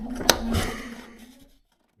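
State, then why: Seated. A new diesel fuel filter on a BMW G20 is pushed onto its rotating locking collar connector and gives a single sharp click at 0.3 s, followed by fading scraping and handling noise. The filter is seated, with the screw holes lined up.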